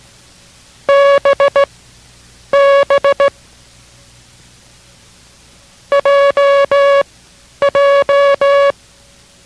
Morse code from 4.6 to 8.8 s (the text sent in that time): JJ